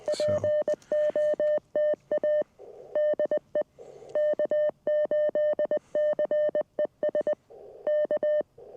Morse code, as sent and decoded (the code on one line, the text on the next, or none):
.--. --- - .- / -.. . / -.- ---.. -.-. . ... / -.-
POTA DE K8CES K